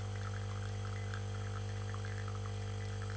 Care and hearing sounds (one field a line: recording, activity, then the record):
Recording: daily activity, microphone in the room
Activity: make coffee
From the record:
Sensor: 4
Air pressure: 1015.5 hPa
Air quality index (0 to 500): 190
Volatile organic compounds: 9 ppm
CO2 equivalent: 2126 ppm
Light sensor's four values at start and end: 5/10/4/3 and 5/10/4/3